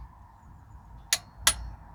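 A torque wrench tightens a spark plug back into the cylinder head of a Nissan Primera P12 or Micra K11 engine, with a low steady hum underneath. Two sharp metallic clicks come at 1.1 s and 1.5 s as the wrench reaches its set torque, confirming the plug is tightened to 26 newton metres.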